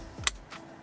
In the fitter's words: and you heard the click yep so so our warning is gone we heard our click